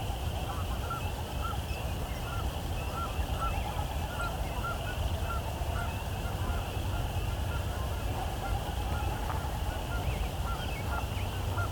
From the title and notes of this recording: Evensong. At sunset in some locations, an auditory compliment to the dawn chorus occurs.